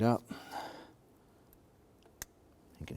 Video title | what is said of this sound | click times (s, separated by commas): How to Replace Intake Gasket Kit 2011-2018 Ram | hear it click | 2.2 s